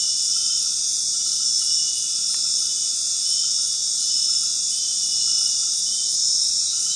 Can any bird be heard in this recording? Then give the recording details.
no. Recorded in dense forest near Puerto Asís, Putumayo, Colombia, on 21 February 2024 at 20:00. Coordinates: 0.499, -76.324. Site G6469